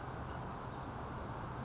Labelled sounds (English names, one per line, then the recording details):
California Towhee
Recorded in Sonoma County, California